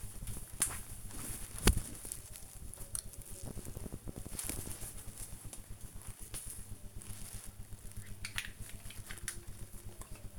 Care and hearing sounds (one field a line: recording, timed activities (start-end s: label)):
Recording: household activities, microphone on the right wrist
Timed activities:
none